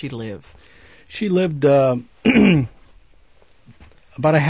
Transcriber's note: he clears his throat